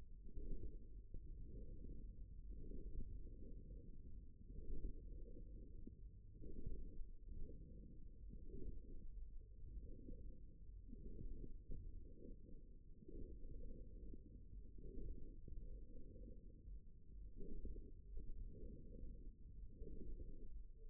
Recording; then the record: forearm muscle sounds (acoustic myography)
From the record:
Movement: forearm supination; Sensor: system 1, eight BSWA MPA416 microphones around the upper forearm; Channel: 4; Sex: male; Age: 54 years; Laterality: right